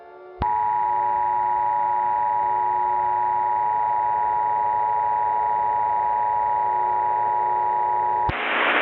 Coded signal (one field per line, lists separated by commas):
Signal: Emergency Alert System (SAME) tones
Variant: 853 and 960 Hz attention tone